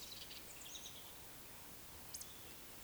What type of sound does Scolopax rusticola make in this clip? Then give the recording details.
croak. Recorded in Baden-Württemberg, Germany, on 31 May 2021 at 19:54 UTC. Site 24606, 635 m above sea level